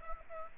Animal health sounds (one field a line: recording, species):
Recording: mosquito wingbeat signal from an infrared sensor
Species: Aedes aegypti